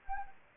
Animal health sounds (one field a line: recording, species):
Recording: mosquito wingbeat signal from an infrared sensor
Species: Anopheles gambiae